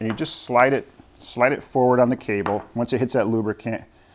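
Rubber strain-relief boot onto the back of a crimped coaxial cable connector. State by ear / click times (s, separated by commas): not seated / none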